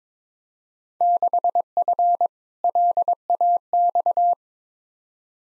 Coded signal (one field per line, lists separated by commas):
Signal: Morse code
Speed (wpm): 22 wpm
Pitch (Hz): 700 Hz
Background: none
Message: 6F LAX